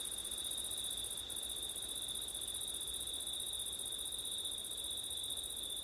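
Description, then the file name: Crickets produce an unbroken high trill, layered in two pitches, over quiet low background noise. Crickets on a September night, with wind; ORTF microphone setup. "crickets wind september night ortif"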